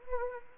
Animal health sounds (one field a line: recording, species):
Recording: mosquito wingbeat signal from an infrared sensor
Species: Anopheles arabiensis